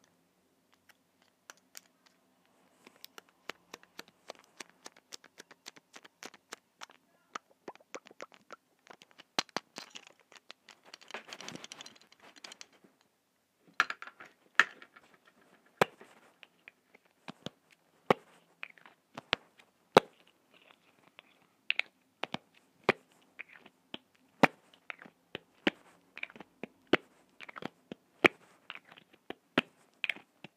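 Quiet handling of small objects and stationery: sharp clicks, taps and crinkles arrive in irregular bursts, many of them rapid. Around ten to twelve seconds there is a denser rustling, squishing patch, and a faint low hum sits underneath throughout.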